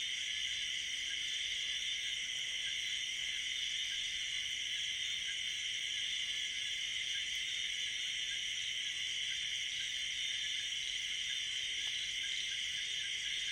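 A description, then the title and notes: Insects in a harvested rice field keep up a dense, unbroken high buzzing chorus, steady throughout, with a faint low rumble underneath. This was recorded in our rice paddy. The rice had just been harvested so it was full of birds and insects foraging, mating and just having fun. Recorded by Alex Boyesen.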